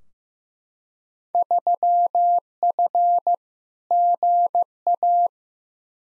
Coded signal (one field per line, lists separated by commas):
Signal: Morse code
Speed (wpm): 15 wpm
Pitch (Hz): 700 Hz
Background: none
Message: 3F GA